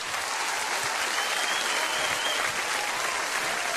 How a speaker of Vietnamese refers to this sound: Một tràng pháo tay để chào đón phần trình diễn của đôi danh hài Chí Tài và Hoài Linh.